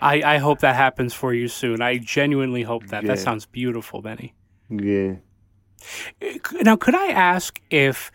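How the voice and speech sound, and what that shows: One adult speaks fluently and warmly at a conversational pace, with steady voicing and brief natural pauses.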